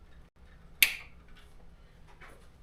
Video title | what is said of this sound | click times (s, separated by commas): Friday night computer build | Well, nice click. I like that. | 0.8 s